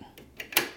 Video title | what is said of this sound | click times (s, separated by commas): Alienware Aurora R13 Fan Upgrade Lower Noise and Temps Mod | you hear a click that means it's locked | 0.4 s, 0.6 s